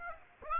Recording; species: mosquito wingbeat signal from an infrared sensor; Aedes aegypti